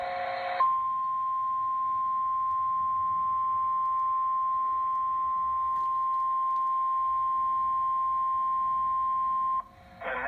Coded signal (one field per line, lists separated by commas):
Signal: Emergency Alert System (SAME) tones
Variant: 1050 Hz attention tone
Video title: SVR #7 on KHQ-DT (EAS #1077)